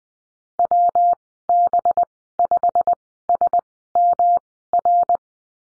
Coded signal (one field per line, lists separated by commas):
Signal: Morse code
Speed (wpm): 20 wpm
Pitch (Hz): 700 Hz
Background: none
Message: WB5SMR